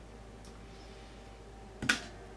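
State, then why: Seated. A memory module is pressed down evenly across its top into a motherboard DIMM slot until the retention clips snap. After a quiet stretch, a soft tap just before is followed by a sharp click at 1.9 s. The module is seated and secured.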